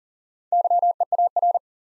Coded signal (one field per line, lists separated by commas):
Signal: Morse code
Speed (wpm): 42 wpm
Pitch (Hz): 700 Hz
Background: none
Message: YEAR